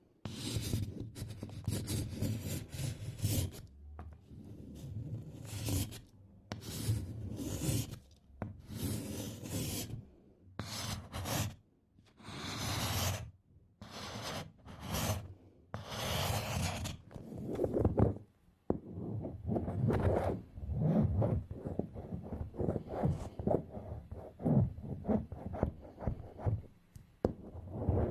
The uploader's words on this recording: Scraping Off Candle Wax Satisfying Scratching Sounds for Study and Relaxation (NO TALKING).